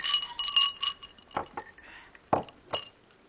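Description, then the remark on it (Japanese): Several bright glass clinks of glasses raised in a toast ring out in quick succession, then a few sparser taps follow, the sharp high chimes standing alone without voices over them. “まあ、たまにはいいがべ。乾杯。”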